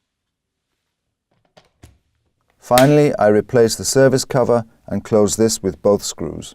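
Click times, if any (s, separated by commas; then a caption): 1.6 s. A new rechargeable battery is slid along the guide rail into the battery compartment of a testo 340 flue gas analyser and clicks into place at 1.6 s, with a few faint taps around it. After that, someone talks.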